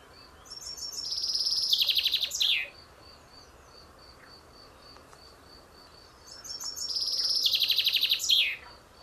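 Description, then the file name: Common chaffinch song, two full phrases about six seconds apart, each a high trill that steps downward and ends in a brief flourish. "Fringilla coelebs"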